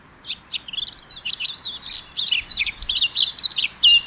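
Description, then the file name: Eurasian blackcap in continuous song, a busy, scratchy warble of rapid high notes with no breaks. "Sylvia atricapilla"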